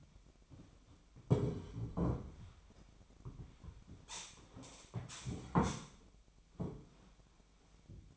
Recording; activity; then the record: daily activity, microphone in the room; sit down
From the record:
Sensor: 1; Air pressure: 1007.9 hPa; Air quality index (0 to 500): 192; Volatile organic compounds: 17 ppm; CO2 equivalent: 2599 ppm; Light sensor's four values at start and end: 13/33/13/14 and 13/33/13/14